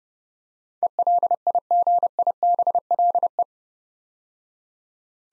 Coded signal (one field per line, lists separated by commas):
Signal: Morse code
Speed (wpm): 29 wpm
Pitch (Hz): 700 Hz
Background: none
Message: ELIGIBLE